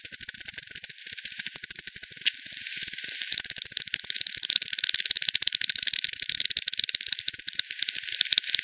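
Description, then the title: Bats producing dense click trains that form a continuous buzzy rattle, with stronger ticks scattered through. "WW bat 20201007 T 18 : 10 Z-Hogsmill-Lane-Hogsmill-River-multiple-bats"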